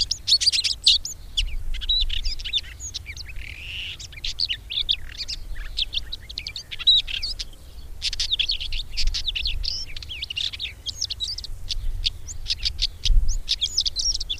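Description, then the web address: Red-backed shrike song: a long, busy, scratchy warble of chirps, clicks and squeaks, nearly continuous with a few short pauses, above a faint low rumble. "agykontroll Madardalok Cd 2. Tövisszúró gébics"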